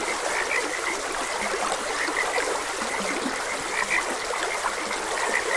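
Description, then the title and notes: Frog croaks, short high chirps and some deeper low notes, against constant babbling stream noise. Frogs croaking beside a gentle stream. "Frogs Croaking. Sleep and Relaxation Podcast"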